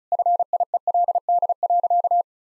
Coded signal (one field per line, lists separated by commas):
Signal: Morse code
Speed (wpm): 34 wpm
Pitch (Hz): 700 Hz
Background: none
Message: FIELD.